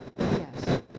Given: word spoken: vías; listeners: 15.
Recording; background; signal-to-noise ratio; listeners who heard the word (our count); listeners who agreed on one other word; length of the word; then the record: one Spanish word in noise, from a listening test; noise modulated by one talker; -10.0 dB; 0 of 15; 7 of 15; 0.58 s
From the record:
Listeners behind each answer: 7, 2, 2, 1, 1, 1, 1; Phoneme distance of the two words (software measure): 10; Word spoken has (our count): 2 syllables, 4 phonemes, stress on syllable 1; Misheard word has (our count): 2 syllables, 4 phonemes, stress on syllable 1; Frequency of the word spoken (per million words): 40.65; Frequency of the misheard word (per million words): 492.55